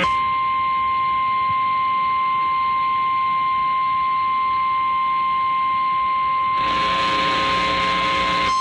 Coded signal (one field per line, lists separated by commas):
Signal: Emergency Alert System (SAME) tones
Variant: 1050 Hz attention tone